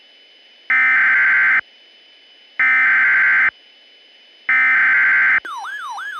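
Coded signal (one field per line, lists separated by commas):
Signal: Emergency Alert System (SAME) tones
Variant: header bursts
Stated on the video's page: Fictional EAS scenario alert.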